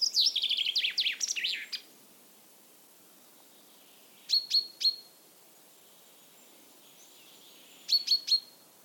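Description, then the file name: Common chaffinch song: a fast, high series of notes sliding downward, ending after about two seconds, then two short bursts of three sharp high notes. "Fringilla coelebs"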